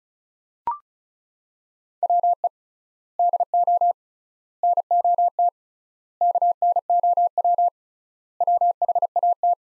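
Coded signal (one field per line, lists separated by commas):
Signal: Morse code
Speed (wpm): 36 wpm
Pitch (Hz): 700 Hz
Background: none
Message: WE DO NOT KNOW WHAT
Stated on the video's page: Morse practice of five-word sets at 35wpm with 3x word spacing, a Farnsworth-like method, each set sent in Morse before being spoken.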